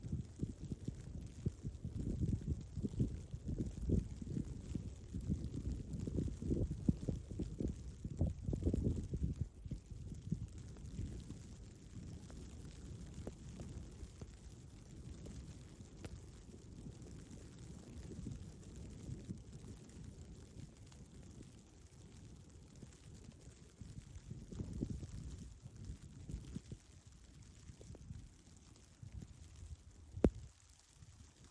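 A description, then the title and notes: Wind buffets in low, uneven gusts on a snowy day by the water, strongest in the first ten seconds, then settling into a steadier rumble. Another swell comes around 25 seconds, and a brief sharp click sounds near the end. We’ve bundled up and time-traveled back to a softer snowy day by the water. There’s a bit of a wind, but the air smells of woodsmoke and salt water. Snowy day by the water. There’s a bit of a wind.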